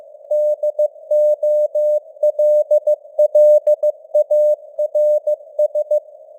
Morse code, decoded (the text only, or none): DOLLARS